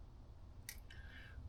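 A plastic retaining tab on the stock fuel pump hanger of a 2018 STI, fitted with a Walbro 525 pump, snaps back into place after a part is centered on the hanger and pushed in. A sharp, bright click sounds at 0.7 s, followed by a softer sound at 0.9 s with a faint tone that fades by about 1.4 s, over a low steady hum. The tab is seated.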